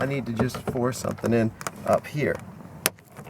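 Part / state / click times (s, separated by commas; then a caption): plastic door trim clip releasing from the vehicle door / released / 2.9 s. On a 1996 Chevy Tahoe, a big flat pry plate is worked behind the plastic door panel trim to pry it off, and someone talks. A single sharp pop at 2.9 s marks the trim clip releasing from the vehicle door, and the trim comes loose.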